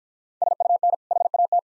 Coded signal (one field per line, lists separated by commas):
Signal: Morse code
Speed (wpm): 49 wpm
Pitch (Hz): 700 Hz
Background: none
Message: SUN HAT